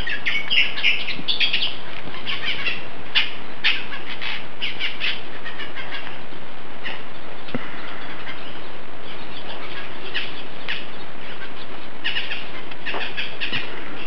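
Bird calls, a busy series of short chirping notes in bursts, some clustered rapidly, over a steady low rumbling background noise.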